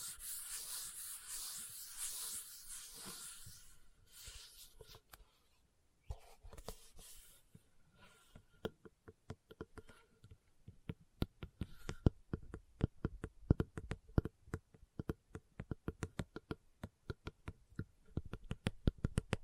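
Leather being scratched and tapped. For the first five seconds a dense, bright scratching rasps steadily, then after a brief pause come a few rubbing passes before sharp, dry taps take over, arriving in quick irregular runs that grow louder and busier toward the end.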